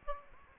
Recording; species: mosquito wingbeat signal from an infrared sensor; Aedes aegypti